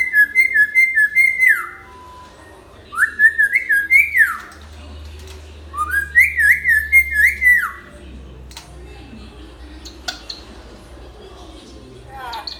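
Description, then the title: Hill myna singing three rich warbled whistle phrases, each a quick run of wavering notes lasting about two seconds, separated by short pauses. Actively singing (gacor) hill myna; tutor (masteran) recording for training other birds. "Suara Burung Beo Gacor Cocok Untuk Masteran"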